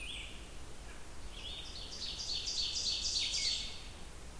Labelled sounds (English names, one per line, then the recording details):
Ovenbird song
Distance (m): 45 m
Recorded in boreal forest in Alberta, Canada, on 28 June 2016 at 08:32
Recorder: SongMeter 3, array SBT-6-79
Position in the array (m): 34 m, 128 m
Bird 40